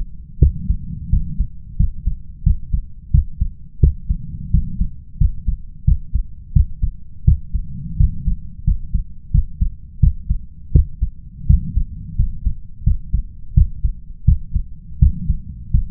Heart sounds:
heart sounds by stethoscope; 86 bpm
0.38 s: heartbeat
1.09 s: heartbeat
1.76 s: heartbeat
2.43 s: heartbeat
3.10 s: heartbeat
3.79 s: heartbeat
4.50 s: heartbeat
5.17 s: heartbeat
5.84 s: heartbeat
6.52 s: heartbeat
7.24 s: heartbeat
7.96 s: heartbeat
8.63 s: heartbeat
9.30 s: heartbeat
9.99 s: heartbeat
10.71 s: heartbeat
11.46 s: heartbeat
12.15 s: heartbeat
12.83 s: heartbeat
13.53 s: heartbeat
14.24 s: heartbeat
14.98 s: heartbeat
15.70 s: heartbeat
From the record:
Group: healthy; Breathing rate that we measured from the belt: 17 breaths a minute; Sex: male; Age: 21 years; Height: 180 cm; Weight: 67.5 kg

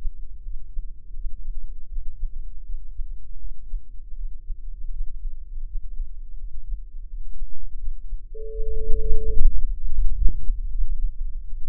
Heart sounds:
heart sounds by microphone in the left ear; 80 bpm
0.43 s: heartbeat
1.14 s: heartbeat
1.88 s: heartbeat
2.64 s: heartbeat
3.39 s: heartbeat
4.15 s: heartbeat
4.91 s: heartbeat
5.65 s: heartbeat
6.38 s: heartbeat
7.08 s: heartbeat
7.78 s: heartbeat
8.50 s: heartbeat
9.25 s: heartbeat
9.92 s: heartbeat
10.72 s: heartbeat
11.61 s: heartbeat
From the record:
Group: healthy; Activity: rest 0-11 s, Valsalva maneuver 11-12 s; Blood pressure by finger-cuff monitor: 102/73 mmHg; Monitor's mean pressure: 84 mmHg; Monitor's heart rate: 82 bpm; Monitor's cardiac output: 7.4 L/min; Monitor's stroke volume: 89 mL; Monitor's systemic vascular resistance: 820 dyn s/cm5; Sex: male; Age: 57 years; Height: 188 cm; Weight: 106 kg

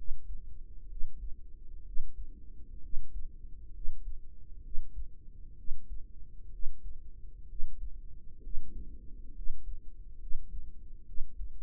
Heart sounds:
heart sounds by microphone in the right ear; 65 bpm
0.87 s: heartbeat
1.83 s: heartbeat
2.80 s: heartbeat
3.71 s: heartbeat
4.61 s: heartbeat
5.55 s: heartbeat
6.49 s: heartbeat
7.46 s: heartbeat
8.40 s: heartbeat
9.33 s: heartbeat
10.18 s: heartbeat
11.04 s: heartbeat
From the record:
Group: healthy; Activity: rest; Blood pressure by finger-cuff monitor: 117/58 mmHg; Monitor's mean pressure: 74 mmHg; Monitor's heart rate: 64 bpm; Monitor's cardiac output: 5.7 L/min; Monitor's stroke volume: 87 mL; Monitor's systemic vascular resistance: 950 dyn s/cm5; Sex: female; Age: 32 years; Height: 168 cm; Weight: 61.9 kg

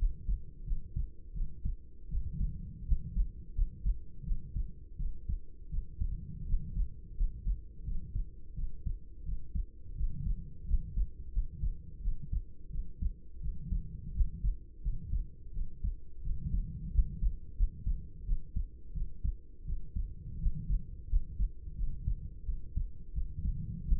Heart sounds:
heart sounds by stethoscope; 85 bpm
0.63 s: heartbeat
1.32 s: heartbeat
2.08 s: heartbeat
2.84 s: heartbeat
3.53 s: heartbeat
4.23 s: heartbeat
4.96 s: heartbeat
5.69 s: heartbeat
6.44 s: heartbeat
7.15 s: heartbeat
7.83 s: heartbeat
8.53 s: heartbeat
9.23 s: heartbeat
9.95 s: heartbeat
10.65 s: heartbeat
11.31 s: heartbeat
12.00 s: heartbeat
12.69 s: heartbeat
13.40 s: heartbeat
14.12 s: heartbeat
14.81 s: heartbeat
15.51 s: heartbeat
16.21 s: heartbeat
16.90 s: heartbeat
17.55 s: heartbeat
18.23 s: heartbeat
18.92 s: heartbeat
19.64 s: heartbeat
20.37 s: heartbeat
21.07 s: heartbeat
21.75 s: heartbeat
22.44 s: heartbeat
23.12 s: heartbeat
23.83 s: heartbeat
From the record:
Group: healthy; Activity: rest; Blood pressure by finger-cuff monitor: 114/65 mmHg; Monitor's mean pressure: 80 mmHg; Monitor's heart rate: 86 bpm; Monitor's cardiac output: 7.4 L/min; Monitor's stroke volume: 86 mL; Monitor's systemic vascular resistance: 810 dyn s/cm5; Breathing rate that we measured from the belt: 17 breaths a minute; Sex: female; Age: 26 years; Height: 165 cm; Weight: 55 kg

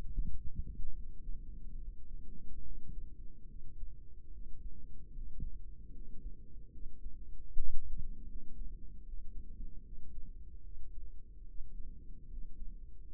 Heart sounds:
heart sounds by microphone in the right ear; 74 bpm
0.07 s: heartbeat
0.91 s: heartbeat
1.78 s: heartbeat
2.61 s: heartbeat
3.45 s: heartbeat
4.29 s: heartbeat
5.11 s: heartbeat
5.90 s: heartbeat
6.69 s: heartbeat
7.48 s: heartbeat
8.25 s: heartbeat
9.02 s: heartbeat
9.81 s: heartbeat
10.61 s: heartbeat
11.44 s: heartbeat
12.26 s: heartbeat
13.08 s: heartbeat
From the record:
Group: healthy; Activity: rest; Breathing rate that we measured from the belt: 16 breaths a minute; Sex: female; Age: 32 years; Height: 172 cm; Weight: 71.7 kg

